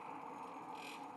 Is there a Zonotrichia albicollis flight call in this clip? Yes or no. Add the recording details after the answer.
no. No flight call is heard. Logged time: 04:06 on 5 December 2014